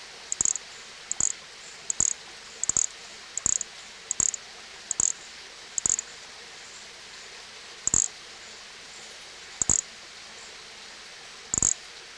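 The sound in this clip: Nesobia mjobergi giving short, high buzzy chirps, about a dozen spread unevenly over twelve seconds, over a faint steady hiss.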